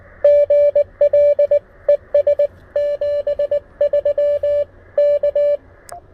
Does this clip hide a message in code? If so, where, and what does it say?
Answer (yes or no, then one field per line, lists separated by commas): yes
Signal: Morse code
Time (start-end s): 0.2-5.6 s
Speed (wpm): 20 wpm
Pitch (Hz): 580 Hz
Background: none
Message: GL ES 73 K